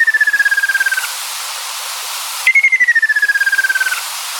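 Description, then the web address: Ruddy kingfisher calls, two long falling trilled whistles, each dropping gradually in pitch, separated by a pause of over a second, against soft hiss. "sikioto. akasyoubin"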